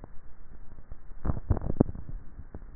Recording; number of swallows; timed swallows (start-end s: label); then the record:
swallowing sounds by neck microphone; 1
1.18-1.92 s: swallow
From the record:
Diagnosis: dysphagia